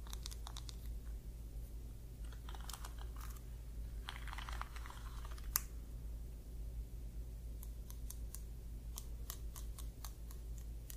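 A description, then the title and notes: A scalp massage, with quick scratchy touches arriving in bursts: clusters near the start, around two to three seconds, four to five seconds, and a fast patter toward the end. A steady low hum sits underneath, and one sharp click stands out near five and a half seconds. ASMR Scalp Massage of Your Dreams.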